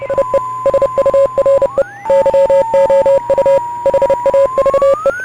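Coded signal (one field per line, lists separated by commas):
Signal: Morse code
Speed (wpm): 30 wpm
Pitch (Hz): 550 Hz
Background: music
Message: IE SURE YOU HAVE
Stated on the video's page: Heard in the adventure game Oxenfree.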